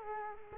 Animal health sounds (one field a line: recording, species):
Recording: mosquito wingbeat signal from an infrared sensor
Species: Culex quinquefasciatus